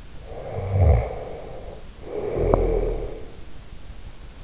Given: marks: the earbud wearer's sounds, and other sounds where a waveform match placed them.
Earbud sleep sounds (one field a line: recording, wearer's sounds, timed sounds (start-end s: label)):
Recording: sounds in sleep by an in-ear microphone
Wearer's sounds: snoring breath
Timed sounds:
0.14-3.37 s: snoring breath